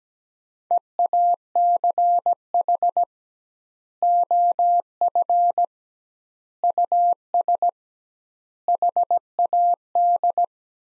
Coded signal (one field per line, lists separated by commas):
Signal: Morse code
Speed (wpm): 17 wpm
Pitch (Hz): 700 Hz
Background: none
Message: EACH OF US HAD